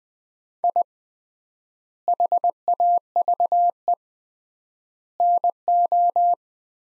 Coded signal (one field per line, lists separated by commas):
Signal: Morse code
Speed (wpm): 20 wpm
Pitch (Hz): 700 Hz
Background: none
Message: I HAVE NO